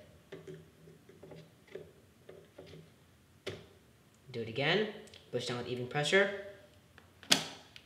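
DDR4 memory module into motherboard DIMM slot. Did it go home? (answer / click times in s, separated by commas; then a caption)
yes / 7.3 s. A second DDR4 memory stick is pushed down with even pressure into a motherboard DIMM slot until the latch closes, while someone talks. Soft handling taps lead up to a sharp, bright clasp-like click at 7.3 seconds as the stick seats in the slot.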